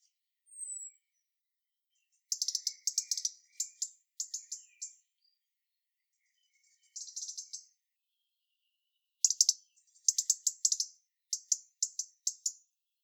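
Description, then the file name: European robin tick calls: a thin whistle first, then clustered series of sharp high clicks, several fast runs separated by short pauses. "Erithacus rubecula"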